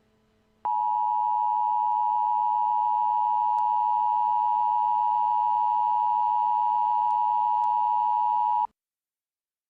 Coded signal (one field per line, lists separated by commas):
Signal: Emergency Alert System (SAME) tones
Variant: 853 and 960 Hz attention tone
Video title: PDS Tornado Warning ( EAS #7) for Rochelle Tornado 4/9/15